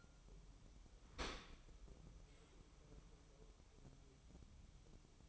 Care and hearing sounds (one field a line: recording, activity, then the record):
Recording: daily activity, microphone in the room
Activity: open dishwasher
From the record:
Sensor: 1